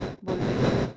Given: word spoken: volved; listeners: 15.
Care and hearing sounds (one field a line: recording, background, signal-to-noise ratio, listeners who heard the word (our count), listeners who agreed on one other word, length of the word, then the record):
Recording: one Spanish word in noise, from a listening test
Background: noise modulated by one talker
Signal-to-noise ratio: -9.2 dB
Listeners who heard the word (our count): 0 of 15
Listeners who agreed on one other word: 10 of 15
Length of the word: 0.57 s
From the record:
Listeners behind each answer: 10, 3, 1, 1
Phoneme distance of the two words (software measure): 10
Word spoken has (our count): 2 syllables, 6 phonemes, stress on syllable 2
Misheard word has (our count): 2 syllables, 6 phonemes, stress on syllable 2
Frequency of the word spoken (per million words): 0.19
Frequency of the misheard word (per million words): 110.76